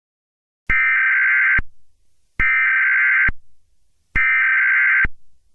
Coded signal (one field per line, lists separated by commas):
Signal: Emergency Alert System (SAME) tones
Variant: header bursts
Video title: eas scenario catemojibabyheat part 7